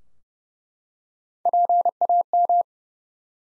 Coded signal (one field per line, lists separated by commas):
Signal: Morse code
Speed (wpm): 30 wpm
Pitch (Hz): 700 Hz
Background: none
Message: PAM